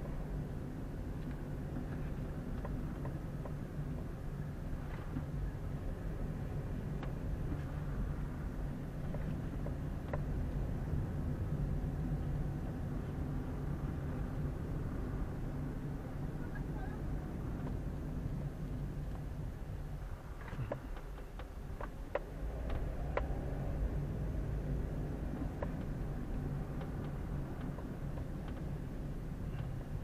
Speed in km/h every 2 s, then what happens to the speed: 20, 20, 14, 17, 19, 21, 22, 24, 23, 15, 7, 13, 21, 23, 18.
0-5 steady at about 20. 5-15 speeds up to 24. 15-20 slows to 7. 20-25 speeds up to 23.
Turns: none.